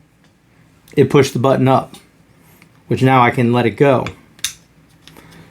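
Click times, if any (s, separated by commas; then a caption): 4.4 s. A metal firing pin is inserted into the bolt of a Steyr AUG rifle, pushing the retaining button up, and is then let go while someone talks. The pin seats with a sharp click at 4.4 s, followed by a few faint metallic ticks.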